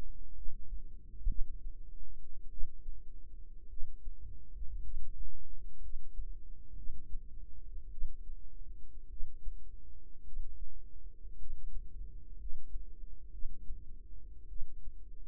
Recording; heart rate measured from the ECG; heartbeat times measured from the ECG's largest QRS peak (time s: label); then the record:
heart sounds by microphone in the right ear; 55 bpm
0.33 s: heartbeat
1.26 s: heartbeat
2.49 s: heartbeat
3.68 s: heartbeat
4.81 s: heartbeat
5.80 s: heartbeat
6.74 s: heartbeat
7.89 s: heartbeat
9.08 s: heartbeat
10.23 s: heartbeat
11.37 s: heartbeat
12.36 s: heartbeat
13.30 s: heartbeat
14.47 s: heartbeat
From the record:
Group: healthy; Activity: rest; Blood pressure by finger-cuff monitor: 91/56 mmHg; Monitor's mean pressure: 67 mmHg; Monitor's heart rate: 53 bpm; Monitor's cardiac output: 4.5 L/min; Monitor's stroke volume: 83 mL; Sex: female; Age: 36 years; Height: 163 cm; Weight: 88 kg